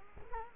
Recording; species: mosquito wingbeat signal from an infrared sensor; Culex quinquefasciatus